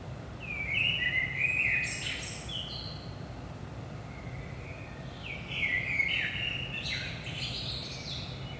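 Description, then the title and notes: Common blackbird sings two rich, warbling phrases about five seconds apart, each ending in high squeaky notes; faint low hum in the background. Recorded at 5 am in early morning in Saint-Gilles, Belgium; DPA 4060 microphones in AB position into a Zoom F3 recorder. "Saint-Gilles, Belgique - 5am Blackbird. Blackbird in the morning. Merle au petit matin"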